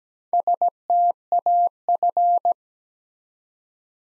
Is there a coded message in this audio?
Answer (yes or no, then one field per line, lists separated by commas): yes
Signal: Morse code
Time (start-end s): 0.3-2.5 s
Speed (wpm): 17 wpm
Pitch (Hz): 700 Hz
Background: none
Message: STAF